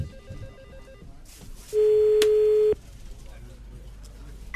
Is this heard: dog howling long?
no